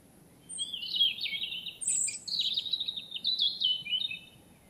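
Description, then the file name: European robin singing a long, wandering run of high, sweet warbles and thin trills with barely a pause, while a low, steady rumble stays underneath. "Erithacus rubecula"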